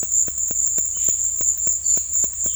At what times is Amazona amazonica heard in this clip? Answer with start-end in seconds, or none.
none